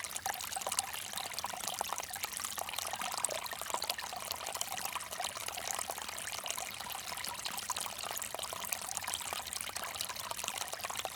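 A small bamboo fountain trickles and splashes without pause, a dense, bright spatter of water. The flow stays even throughout, with quick overlapping drips and little low rumble beneath the fine, hissing patter.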